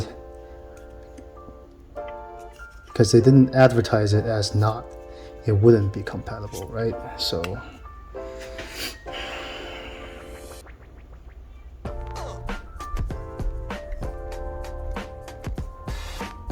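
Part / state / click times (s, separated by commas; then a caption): light unit into its mounting bracket / not seated / none. A small Shredlights light unit (SL-300 / SL-R1) is handled as it is pushed toward its plastic mounting bracket, while someone talks and music plays, followed by a few short, sharp handling taps. The clip ends before the light goes home; nothing has seated or clicked into the mount yet.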